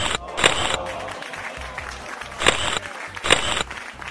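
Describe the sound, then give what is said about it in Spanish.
Steady crowd applause with a murmur of voices underneath at a graduation ceremony where students receive diplomas as they are named over loudspeakers, broken by a few sharp bright bursts of camera shutters firing, around three distinct clicks spread across the span. “se entregaban diplomas a los estudiantes mientras les iban nombrando por altavoces entre flashes de cámaras y aplausos.”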